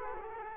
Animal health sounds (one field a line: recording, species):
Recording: mosquito wingbeat signal from an infrared sensor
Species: Culex quinquefasciatus